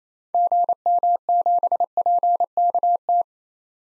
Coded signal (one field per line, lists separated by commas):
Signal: Morse code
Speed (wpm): 27 wpm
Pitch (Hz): 700 Hz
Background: none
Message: GM7PKT